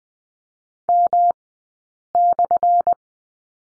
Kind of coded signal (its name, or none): Morse code